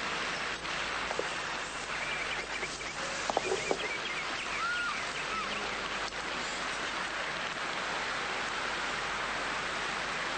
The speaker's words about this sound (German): Hörst du das? Regen. Komm runter.